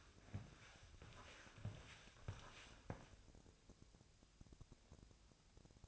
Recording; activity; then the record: daily activity, microphone in the room; walk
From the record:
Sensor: 2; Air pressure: 1000.4 hPa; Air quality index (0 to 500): 164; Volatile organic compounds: 3 ppm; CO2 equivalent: 1368 ppm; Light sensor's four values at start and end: 15/41/16/18 and 15/40/16/18